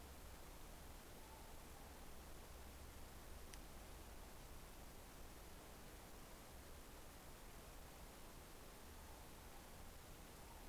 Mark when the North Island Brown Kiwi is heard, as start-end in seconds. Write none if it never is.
none